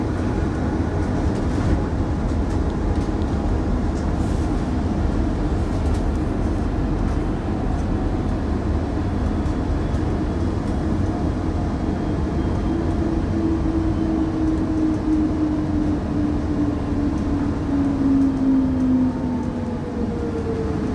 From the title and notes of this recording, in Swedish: Lyssna in Min Bussresa - Lunchtid klockan 11:29.